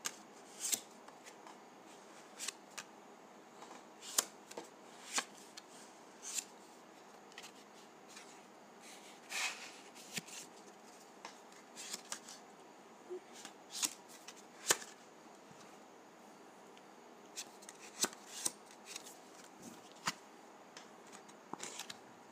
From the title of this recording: ASMR Dry Putty